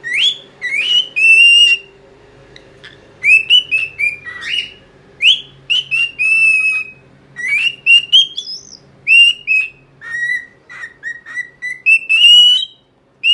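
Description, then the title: Cockatiel song of bright whistled notes, rising slurs and falling glides, delivered in irregular bursts throughout with short gaps, over a low steady hum. Hour-long song intended for training a cockatiel. "Canto De 1 Hora Para Treinar Calopsita"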